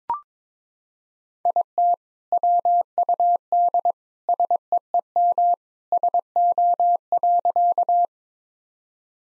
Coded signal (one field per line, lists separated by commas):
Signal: Morse code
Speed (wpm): 22 wpm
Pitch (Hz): 700 Hz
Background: none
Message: IT WUD SEEM SO.